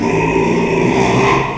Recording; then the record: squeal of a Yucatan mini pig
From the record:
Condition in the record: after surgery on the right vocal fold (resection and tissue-engineered implant); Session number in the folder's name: 1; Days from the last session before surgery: 6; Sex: male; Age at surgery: 12 weeks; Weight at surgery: 13 kg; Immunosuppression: cyclosporine, prednisolone